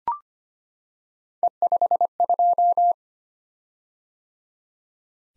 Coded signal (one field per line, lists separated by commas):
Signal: Morse code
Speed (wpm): 25 wpm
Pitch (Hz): 700 Hz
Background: none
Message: E52